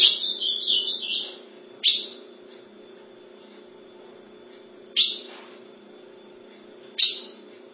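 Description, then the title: Ultramarine grosbeak singing a brief, rapid warbled phrase, followed by three abrupt sharp chip notes spaced a few seconds apart, with a constant low hum underneath. "Azulao"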